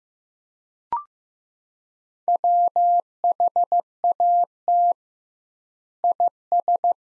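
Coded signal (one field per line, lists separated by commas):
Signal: Morse code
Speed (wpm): 16 wpm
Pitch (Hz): 700 Hz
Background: none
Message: WHAT IS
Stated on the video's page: Morse practice: sentences built from the top 100 words at 15 wpm with double word-spacing, a word-based Farnsworth-like approach.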